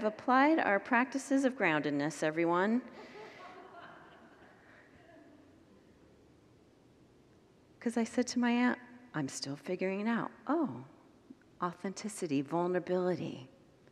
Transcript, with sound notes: I’ve applied our practices of groundedness, everyone!” [Congregants laugh] Because I said to my aunt: “I’m still figuring it out.” Oh! Authenticity, vulnerability.